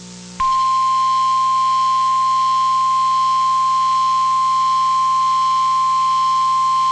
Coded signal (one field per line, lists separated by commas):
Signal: Emergency Alert System (SAME) tones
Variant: 1050 Hz attention tone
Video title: Required Weekly Test of KHB36 - September 23, 2020 - EAS 19 (CL-100 and SDR Recording!)